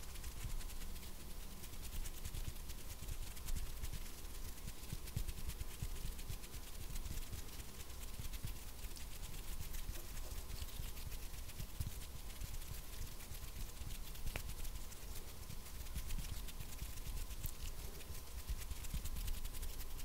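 Hands rub and scratch in a dense, unbroken stream of tiny crackles and clicks, steady in level for the whole stretch. A low rumble and a faint constant whine sit underneath, and one sharper click stands out around fourteen seconds.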